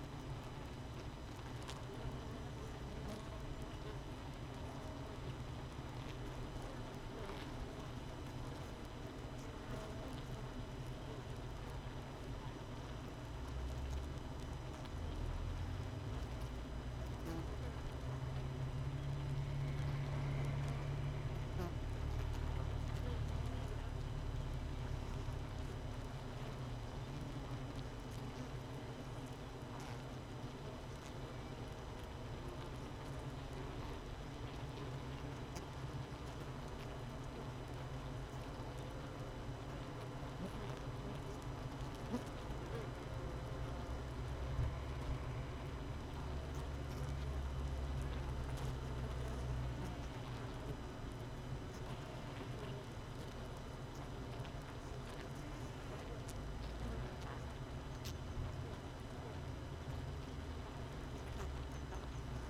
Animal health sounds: honeybee colony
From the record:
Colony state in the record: missing queen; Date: 31 May 2018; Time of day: 7:14

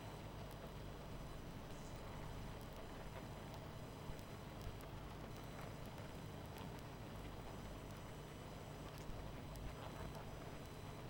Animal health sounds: honeybee colony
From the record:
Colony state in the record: missing queen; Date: 14 July 2017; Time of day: 21:25

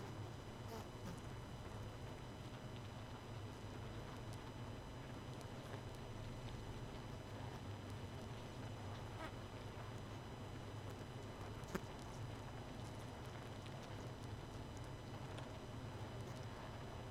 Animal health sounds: honeybee colony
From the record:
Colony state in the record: missing queen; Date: 31 May 2018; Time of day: 22:54

